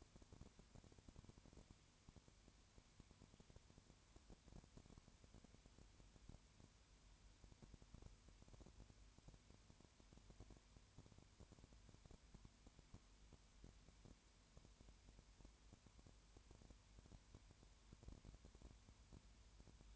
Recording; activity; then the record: daily activity, microphone in the room; no activity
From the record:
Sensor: 2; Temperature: 20.3 degrees Celsius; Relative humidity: 33.8%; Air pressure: 1003.1 hPa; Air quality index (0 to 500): 82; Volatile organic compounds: 1 ppm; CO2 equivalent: 786 ppm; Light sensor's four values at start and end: 2/3/2/2 and 2/3/2/2